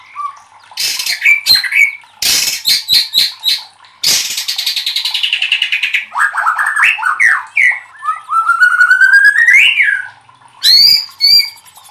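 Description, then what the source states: White-rumped shama song: loud varied phrases of sharp chips, rattling bursts, falling notes and a rising whistled trill, with pauses between phrases. Masteran (training recording for cage birds) of murai batu, titled 'Labaik'.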